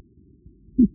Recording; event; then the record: neck accelerometer signal played as sound; no cough (speech, laughter, throat clearing or background)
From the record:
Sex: female